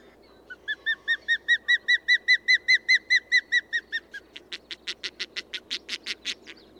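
Bird song: a fast run of clear repeated whistled notes that swell and then soften, followed by a series of harsher, buzzy notes at the same quick pace, over steady low background noise.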